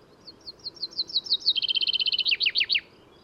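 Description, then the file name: Common chaffinch song: a quick series of high notes speeding into a rattling trill, then ending in a few loud downward-sweeping flourish notes, with faint background hiss. "Fringilla coelebs"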